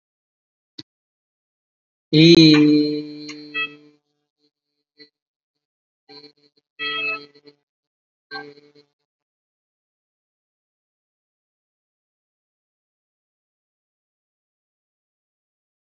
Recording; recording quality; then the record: sustained vowel as in beet; moderate, slight background noise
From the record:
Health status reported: COVID-19 positive, no symptoms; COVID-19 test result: positive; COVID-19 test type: RT-PCR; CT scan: not taken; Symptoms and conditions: muscle pain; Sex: male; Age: 28 years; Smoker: no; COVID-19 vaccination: both doses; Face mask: not worn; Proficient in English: no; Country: India